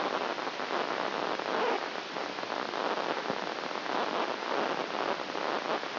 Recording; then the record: brain microelectrode recording played as sound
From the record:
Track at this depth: outside the subthalamic nucleus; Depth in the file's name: 1.406 mm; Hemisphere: right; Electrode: 2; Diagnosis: Parkinson's disease